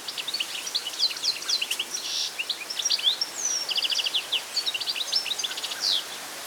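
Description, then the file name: European goldfinch chattering, fast bright notes, buzzy trills and a few longer slurred whistles in continuous bursts. "Carduelis carduelis"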